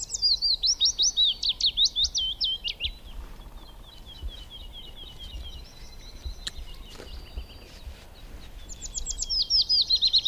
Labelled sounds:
Willow Warbler song

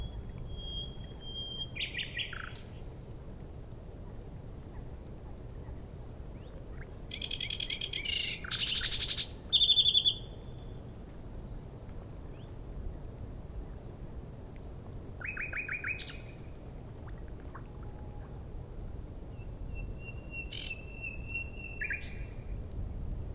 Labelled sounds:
Common Nightingale song

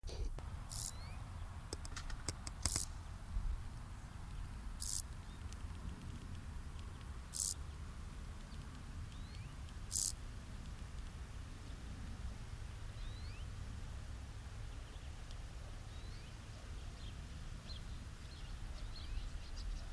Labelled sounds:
Field Grasshopper stridulation

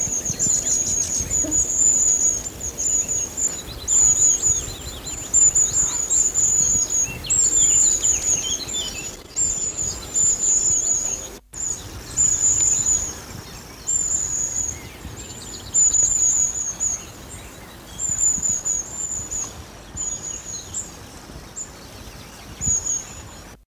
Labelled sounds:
Long-tailed Tit song

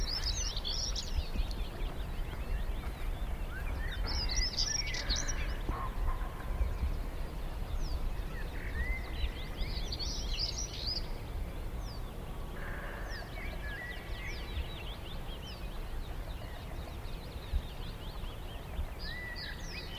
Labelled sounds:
European Stonechat

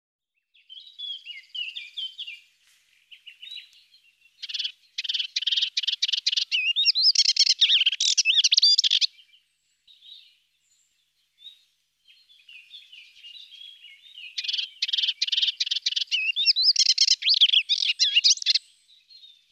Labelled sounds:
Melodious Warbler song

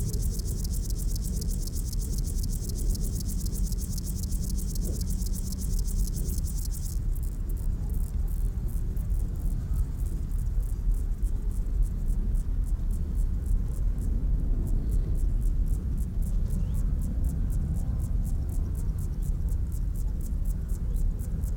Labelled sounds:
Upland Field Grasshopper stridulation

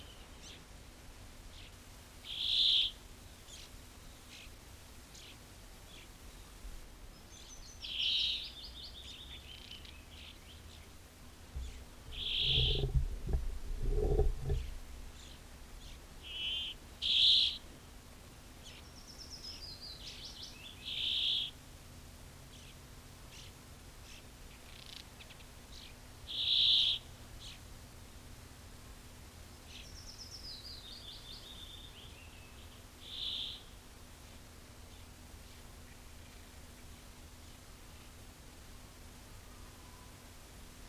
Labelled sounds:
Brambling song

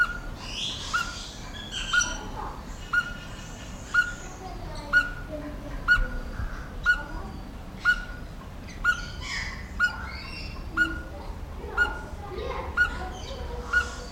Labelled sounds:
Speckled Tinkerbird call

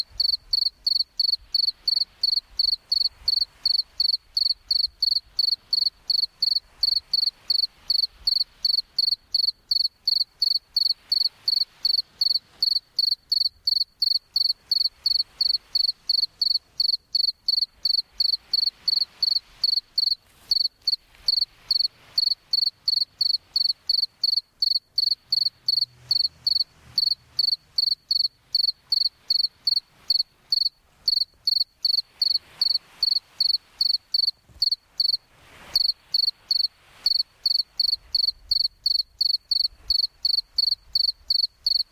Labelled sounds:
Two-spotted Cricket stridulation

